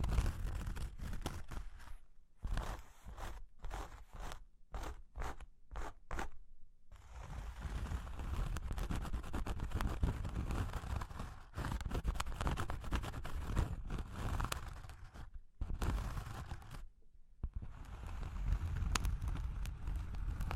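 Cork and wood being tapped, scratched and traced. The first seven seconds bring a run of separate dry taps and short scrapes with silent gaps between them. After that comes a denser, continuous scratching and rubbing that keeps going to the end, broken by two brief pauses.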